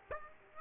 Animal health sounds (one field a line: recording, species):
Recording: mosquito wingbeat signal from an infrared sensor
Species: Aedes aegypti